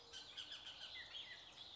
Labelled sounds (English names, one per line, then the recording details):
Bullock's Oriole
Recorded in Sonoma County, California